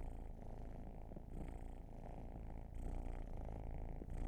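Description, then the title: Cat purring, a steady low rumble swelling and easing with each breath, slightly louder toward the end. Long purring session. "Purrathon"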